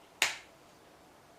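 A plastic leg section of a transforming action figure is pulled down during transformation and clicks into place at 0.2 s with a single sharp, bright snap. That click gives the clearance needed to fold the foot up, and the leg is seated. Only faint background noise follows.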